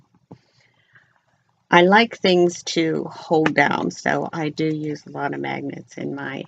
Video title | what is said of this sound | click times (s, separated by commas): (SOLD) " Happy Hanukkah " | and you can hear that click with the magnet. | 0.3 s